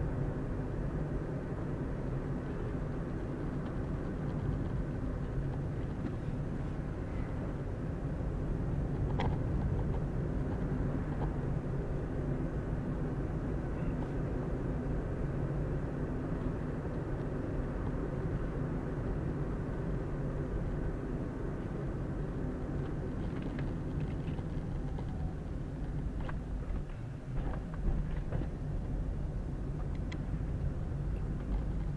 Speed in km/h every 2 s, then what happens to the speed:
37, 35, 30, 28, 33, 33, 36, 37, 39, 38, 36, 32, 23, 19, 19, 21.
0-6 slows to 28. 6-17 speeds up to 39. 17-25 slows to 19. 25-32 steady at about 19.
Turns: none.